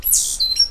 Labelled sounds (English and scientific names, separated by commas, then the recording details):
Stitchbird (Notiomystis cincta) song
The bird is a male
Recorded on Tiritiri Matangi Island, New Zealand, in 2005
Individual 8, of nest box 10